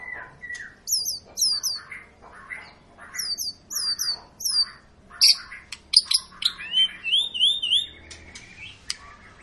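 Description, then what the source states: White-rumped shama song with irregular chirps, high looping whistled notes and rich warbled phrases delivered in quick bursts. Long, energetic lure song used to prompt other birds to sing.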